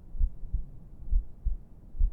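An adult's steady, muffled lub-dub heartbeat with a regular rhythm at about 65 beats a minute.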